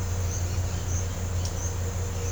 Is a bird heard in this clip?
no